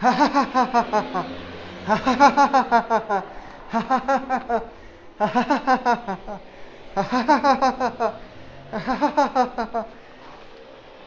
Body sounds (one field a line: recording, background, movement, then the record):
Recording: laughter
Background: traffic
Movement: walking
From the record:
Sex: male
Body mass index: 20.6 kg/m2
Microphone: on the chest, facing outward